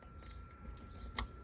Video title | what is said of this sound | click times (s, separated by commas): Toyota Rav4 (2019-2022) Roadanvi 12.3 inch screen Android Head Unit installation. | You hear a click, goes nice and easy. | 1.2 s